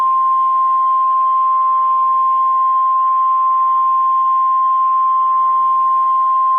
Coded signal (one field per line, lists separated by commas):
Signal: Emergency Alert System (SAME) tones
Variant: 1050 Hz attention tone